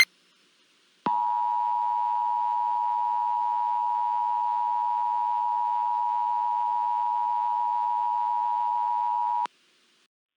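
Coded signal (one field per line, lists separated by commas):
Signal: Emergency Alert System (SAME) tones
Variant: 853 and 960 Hz attention tone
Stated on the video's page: Fictional EAS scenario about an extreme tornado, a Halloween special.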